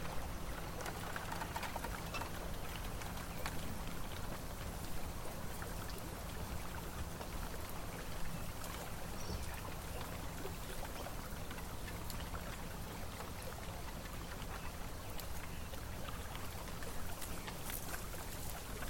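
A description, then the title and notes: A bamboo thicket by water, heard as a dense, unbroken wash of rustling and pattering that holds the same level for the whole stretch. Countless tiny ticks and drips scatter through it, over a low, steady hum underneath. Bamboo forest ambience. Sound of bamboo thicket on water. Gentle water waves/flowing.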